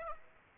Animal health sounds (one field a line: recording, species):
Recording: mosquito wingbeat signal from an infrared sensor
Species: Aedes aegypti